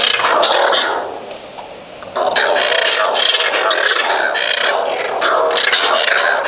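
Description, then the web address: Oilbird loud, raucous screams: a harsh outburst, a brief lull, then a long run of grating, snarling shrieks. "sound Oilbird. صدای-مرغ-روغنی"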